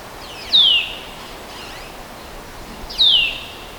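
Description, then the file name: Eurasian nuthatch giving two clear, high, downward-slurred whistled notes about two and a half seconds apart, over a steady soft background hiss. "Sitta europaea"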